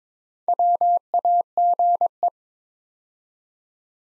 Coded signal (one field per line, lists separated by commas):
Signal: Morse code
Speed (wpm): 22 wpm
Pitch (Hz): 700 Hz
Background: none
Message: WAGE